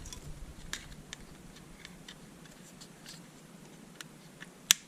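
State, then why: Seated. A plastic landing gear leg is pushed into the underside of a Switch RC toy drone body (a Syma X5UW clone), snapped in for now with the screws to be added later. A few faint ticks and light handling clicks come first over a low hum, then a sharp, loud click at 4.7 s as the leg snaps into place, seated.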